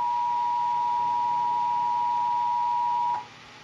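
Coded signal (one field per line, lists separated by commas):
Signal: Emergency Alert System (SAME) tones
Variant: 853 and 960 Hz attention tone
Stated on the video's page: Required Monthly Test.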